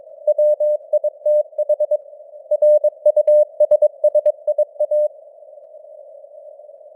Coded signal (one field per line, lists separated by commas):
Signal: Morse code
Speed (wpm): 22 wpm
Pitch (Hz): 600 Hz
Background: none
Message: WITH RUSSIA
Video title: Morse Code News | 2025-11-17 | 22wpm